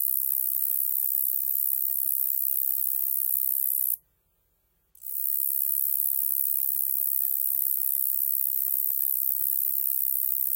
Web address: The Songs of Insects. Roesel's Shieldback Katydid